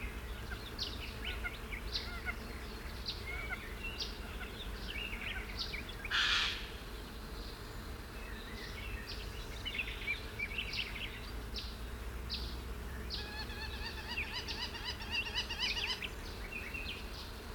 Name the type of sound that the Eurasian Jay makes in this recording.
call